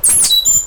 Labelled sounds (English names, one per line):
Stitchbird song